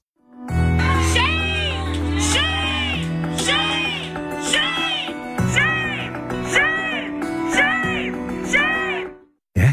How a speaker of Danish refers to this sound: Der viser sig, skal vi lige sige med det samme, ikke at være helt tilfældige gæster. Det er faktisk en græsrodsorganisation, der sætter sig ind. Og de begynder så at råbe efter hende. Og hør her optagelsen, hvor de altså råber shame.